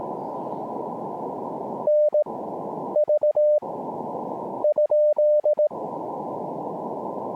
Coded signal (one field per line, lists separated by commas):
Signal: Morse code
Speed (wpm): 17 wpm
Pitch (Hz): 600 Hz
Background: none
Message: N V ?